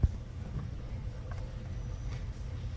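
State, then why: Not seated. Hose from the T side of a J&L Oil Separator Co. 3089D oil separator on a 2020-2026 Chevy/GMC 2500 6.6L gas engine is routed and lined up by feel toward the hidden intake manifold fitting before being pushed on. Only brief faint handling noises at about 0.0 s and 1.3 s are heard over a steady low hum. The quick-connect has not seated or clicked yet.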